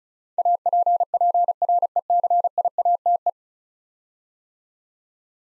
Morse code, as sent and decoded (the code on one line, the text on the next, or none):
.- .--. .--. .-. . -.-. .. .- - .
APPRECIATE